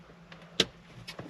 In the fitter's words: all right satisfying click